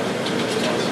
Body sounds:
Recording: background sound without coughing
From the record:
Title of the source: Office Sounds Ambience - Background Noise for Study and Work

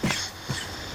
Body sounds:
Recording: coughing mixed with background sound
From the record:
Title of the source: Dry Coughing Fit in the Afternoon.

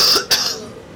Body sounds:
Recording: coughing mixed with background sound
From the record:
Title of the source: November cold (wet coughing)

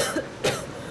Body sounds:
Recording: coughing mixed with background sound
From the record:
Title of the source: Coughing Woman Sound - Woman Cough Sound Effect

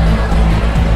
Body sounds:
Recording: background sound without coughing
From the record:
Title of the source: Party Noise 1 Hour Party Ambience

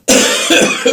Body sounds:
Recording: coughing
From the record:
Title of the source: Spring Cold Coughing.

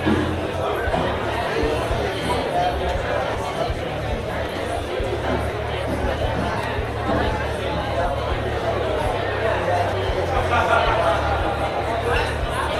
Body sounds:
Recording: background sound without coughing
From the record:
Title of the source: CITY SOUNDS Busy Bar in the Evening Night - 2 HOURS of Ambiance for Relaxation

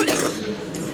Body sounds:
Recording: coughing mixed with background sound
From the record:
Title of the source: 34 coughing up crap again

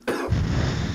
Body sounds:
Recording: coughing mixed with background sound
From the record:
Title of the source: Coughing 77

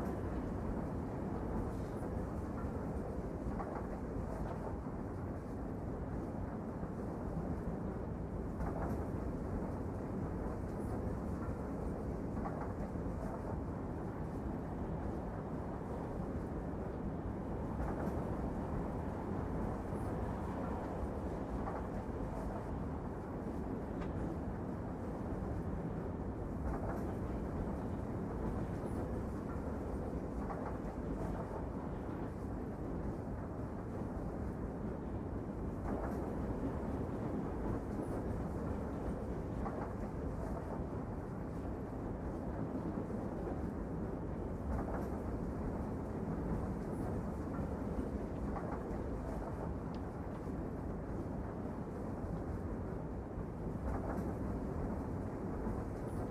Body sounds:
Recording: background sound without coughing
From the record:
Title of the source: Train Ride Ambience ambient white noise for sleeping, focus, studying, reading

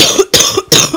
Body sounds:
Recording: coughing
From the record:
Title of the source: Wet coughing

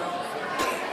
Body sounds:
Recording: coughing mixed with background sound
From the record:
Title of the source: 64 coughing, allergies, singing lungs

